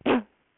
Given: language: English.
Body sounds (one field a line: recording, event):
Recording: throat vibration sensor signal played as sound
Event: cough